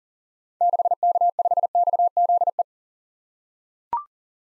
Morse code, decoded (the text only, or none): 6K5XZE